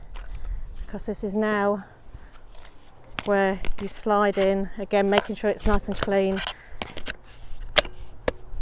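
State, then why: Not seated. Someone talks while the battery pack of a pair of electric pruning shears, wiped clean first, is slid toward the base of the handle. Short, sharp handling taps sound near 6.8, 7.0, 7.1, 7.8 and 8.3 seconds. The clip ends before the pack goes home, so nothing has seated or clicked yet.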